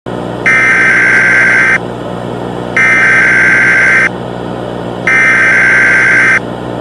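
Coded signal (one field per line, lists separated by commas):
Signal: Emergency Alert System (SAME) tones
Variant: header bursts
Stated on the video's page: Fictional EAS scenario.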